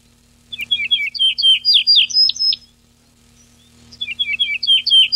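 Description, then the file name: Yellow-breasted bunting song: a long phrase of repeated whistled notes building to sharp downslurs, then a second phrase beginning after a short pause. 14 June 1993. "7 14 06 93 Eaureola"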